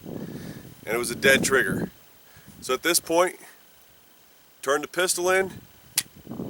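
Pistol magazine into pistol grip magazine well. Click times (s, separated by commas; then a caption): 6.0 s. Someone talks while a pistol magazine is tapped upward with the palm into the pistol grip's magazine well during a failure-to-feed drill, after a dead trigger. A single sharp, loud hit is heard at 6.0 s, and the magazine is fully seated.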